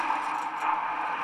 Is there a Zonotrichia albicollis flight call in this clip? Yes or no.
no